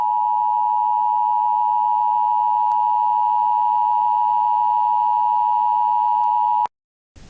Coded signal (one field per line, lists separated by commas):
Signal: Emergency Alert System (SAME) tones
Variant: 853 and 960 Hz attention tone